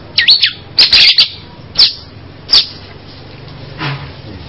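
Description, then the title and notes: Bird chirping, short high sharp notes given singly and in quick clusters with gaps between them. "Kicau Burung"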